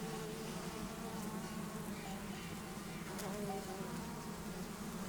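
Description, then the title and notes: Bumblebees droning in flight, a constant low buzzing chorus. Bumblebees and other pollinators flying flower to flower for nectar, warm morning after overnight cloud, 6500 ft meadow, south end of Taylor Lake, Russian Wilderness, Klamath National Forest, Siskiyou County, California. "Russian Wilderness- Buzzing Meadow Morning. The bumblebees, butterflies, and other pollinators were out early, flying from flower to flower getting their of fill of nectar"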